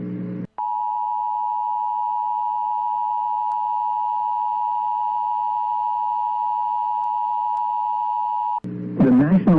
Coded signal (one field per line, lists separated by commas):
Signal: Emergency Alert System (SAME) tones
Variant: 853 and 960 Hz attention tone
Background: speech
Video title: EAS During Little Einsteins (April 14 2018)